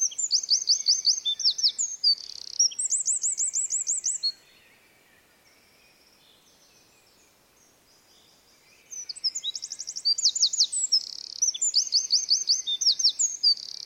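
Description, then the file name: Eurasian wren song in two outbursts: rapid, piercing high trills for about four seconds, near silence for several seconds, then another loud trilled bout. "Troglodytes troglodytes"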